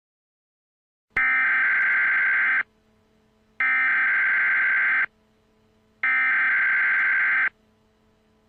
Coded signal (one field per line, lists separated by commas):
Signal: Emergency Alert System (SAME) tones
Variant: header bursts